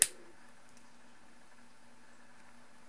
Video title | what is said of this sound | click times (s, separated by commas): T Tap Splice Wire Connector plus Ferrule and Spade Crimper for small battery and solar generator | so I heard a snap but that did not connect | 0.0 s